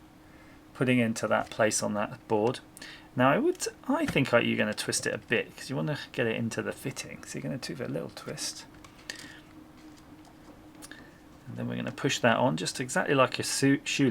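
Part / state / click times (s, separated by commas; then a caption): stranded wire end going into a crimp ferrule / not seated / none. Someone talks while twisting the loose copper strands of a freshly cut, stripped wire together by hand so they will go into a crimp ferrule. Faint handling ticks are heard around 8.9, 9.1 and 10.9 seconds during a pause in the talk. The ferrule has not been pushed on yet, and nothing has seated or clicked.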